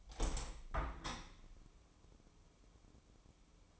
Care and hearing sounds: daily activity, microphone in the room; open window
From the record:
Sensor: 1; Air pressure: 1015.1 hPa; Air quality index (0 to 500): 28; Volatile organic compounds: 1 ppm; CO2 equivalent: 525 ppm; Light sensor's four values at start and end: 10/25/10/11 and 11/25/10/11

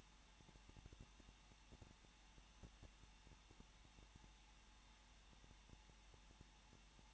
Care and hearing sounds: daily activity, microphone in the room; no activity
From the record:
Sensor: 1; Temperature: 20.1 degrees Celsius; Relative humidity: 39.4%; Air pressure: 1006.4 hPa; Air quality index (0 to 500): 219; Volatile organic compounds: 81 ppm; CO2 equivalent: 3616 ppm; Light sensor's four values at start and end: 1/2/1/1 and 1/2/1/1

